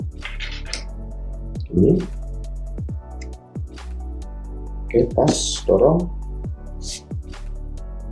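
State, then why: Not seated. The second shading hood panel of a BenQ SW271C monitor is lined up and pushed into the monitor hood frame while someone talks over background music, with a few faint taps and knocks. No click is heard, but the panel goes in anyway.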